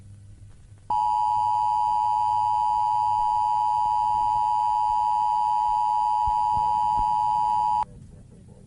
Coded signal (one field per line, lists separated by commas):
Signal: Emergency Alert System (SAME) tones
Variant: 853 and 960 Hz attention tone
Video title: Look up. (Eas)